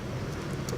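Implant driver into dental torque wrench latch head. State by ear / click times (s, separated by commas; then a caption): seated / 0.7 s. A dental implant driver is placed into the latch head of a dental torque wrench and the handle is spun until the driver engages. Over a steady low background hum, a short, sharp click is heard at 0.7 s as the driver seats fully in the latch head.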